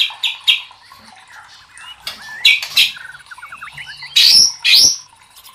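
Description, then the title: White-rumped shama singing a varied mix of rasping notes, slurred whistles and a quick rippling trill, closing with two loud harsh bursts. Training song (masteran) for caged birds. "MASTERAN MURAI BATU LABAIK"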